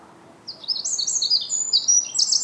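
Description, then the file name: Eurasian wren: after a brief quiet moment, an energetic, high-pitched jumble of sharp trilled notes runs continuously to the end, with soft low noise behind. "Troglodytes troglodytes"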